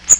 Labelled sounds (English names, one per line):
Magnolia Warbler flight call